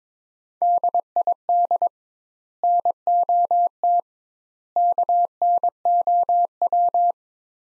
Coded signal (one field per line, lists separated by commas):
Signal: Morse code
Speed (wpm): 22 wpm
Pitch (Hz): 700 Hz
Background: none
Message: DID NOT KNOW